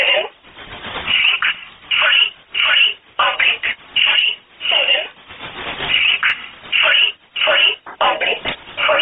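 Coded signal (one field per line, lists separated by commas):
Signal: numbers station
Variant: E11 Oblique, English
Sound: a female-sounding voice reading short words at an even pace over shortwave radio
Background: radio static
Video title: 25 08 2017 Numbers station E11 Oblique in English to Eu 0710 on 10429 unknown tx site in USB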